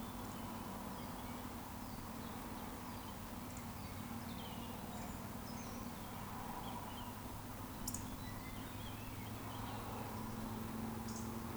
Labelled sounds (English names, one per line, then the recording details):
Eurasian Woodcock whistle
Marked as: whistle, whistle, whistle, whistle
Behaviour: display flight
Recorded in Baden-Württemberg, Germany, on 13 June 2020 at 19:33 UTC
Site 14569, 102 m above sea level